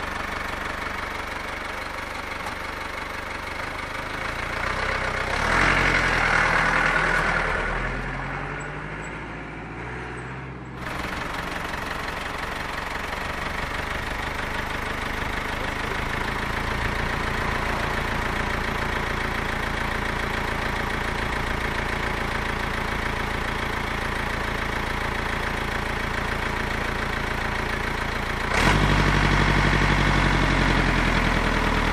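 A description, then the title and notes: A diesel truck idles with a steady low rumble, briefly revving around five seconds, then settling before a louder, rougher shift near twenty-nine seconds. Diesel Truck Idling.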